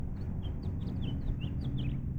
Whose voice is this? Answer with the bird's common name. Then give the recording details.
House Finch. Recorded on Long Island, New York